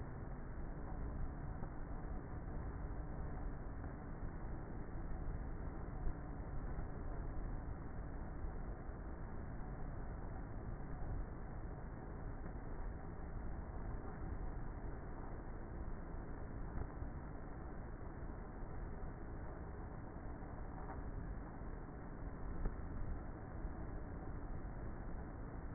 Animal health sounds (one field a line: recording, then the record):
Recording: honeybee colony, microphone inside the hive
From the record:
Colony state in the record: queenless with a low population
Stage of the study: before two queens were removed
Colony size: about 30,000 bees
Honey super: no